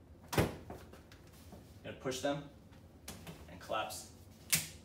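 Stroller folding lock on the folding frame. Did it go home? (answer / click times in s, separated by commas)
yes / 4.5 s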